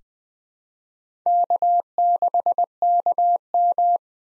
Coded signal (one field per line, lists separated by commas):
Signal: Morse code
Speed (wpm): 20 wpm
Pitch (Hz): 700 Hz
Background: none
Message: K6KM